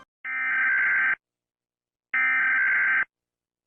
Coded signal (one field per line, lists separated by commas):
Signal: Emergency Alert System (SAME) tones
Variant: header bursts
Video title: Rating eas alarms with earth and venus part 1